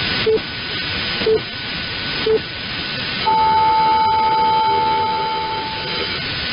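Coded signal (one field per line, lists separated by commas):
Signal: radio time signal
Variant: time pips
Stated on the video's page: 612 kHz AM broadcast station ident (100 kW), received in Saitama on an Airspy HF+ Discovery with a flag antenna.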